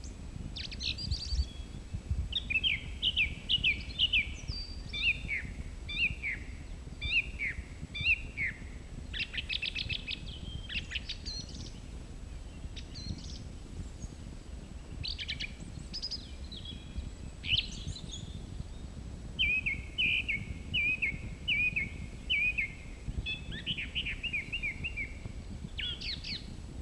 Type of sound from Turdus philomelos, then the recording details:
song. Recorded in the wild. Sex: male. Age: adult. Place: Mežakla, Julijske Alpe, Gorenjska, SI. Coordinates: 46.4, 14. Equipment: Uher 4000, Phillips Mikrofon. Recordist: Brunner, Thomas